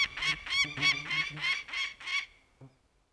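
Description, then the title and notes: Peregrine Falcon scolding: several harsh, grating notes in a quick run, followed by a brief faint sound. Adult female at a nest in Inari, Finnish Lapland, Finland, calling loudly in protest at a nest inspector's visit. "Muuttohaukan huuto kaikuu upeassa maisemassa. Inarilainen haukkaemo paheksui pesätarkastajan vierailua kuuluvasti"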